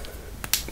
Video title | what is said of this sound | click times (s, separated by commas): Un cargador en tu muñeca: Pulseras USB | para los chavales que bastante fácil hace un clic y ya esta luchada y lo he hecho vaya | 0.5 s